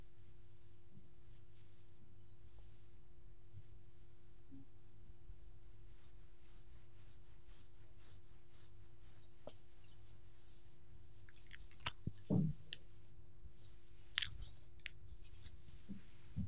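A dog is petted over a steady low hum and faint tone, with soft scratchy rustles, a sharp thump near twelve seconds, and small clicks later.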